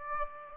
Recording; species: mosquito wingbeat signal from an infrared sensor; Aedes aegypti